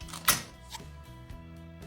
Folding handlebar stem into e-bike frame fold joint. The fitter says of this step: So this just locked into place.